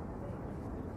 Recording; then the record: background sound without coughing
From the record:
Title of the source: Train Ride Ambience ambient white noise for sleeping, focus, studying, reading